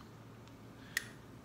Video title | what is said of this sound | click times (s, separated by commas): David Beckham essence | got a nice cast it does lock into place | 1.0 s